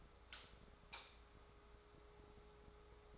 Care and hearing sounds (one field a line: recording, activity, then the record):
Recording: daily activity, microphone in the room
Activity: light off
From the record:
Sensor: 3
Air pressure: 1010.2 hPa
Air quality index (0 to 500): 166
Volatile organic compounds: 9 ppm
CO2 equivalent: 2168 ppm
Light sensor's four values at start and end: 52/130/57/63 and 50/123/54/60